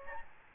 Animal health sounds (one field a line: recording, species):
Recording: mosquito wingbeat signal from an infrared sensor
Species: Aedes albopictus